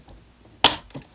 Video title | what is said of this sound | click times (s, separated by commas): No NEUTRAL Smart Switch Install | so you just put it on the top make sure it hooks in and then it should snap | 0.6 s